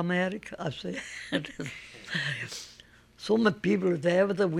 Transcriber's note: she laughs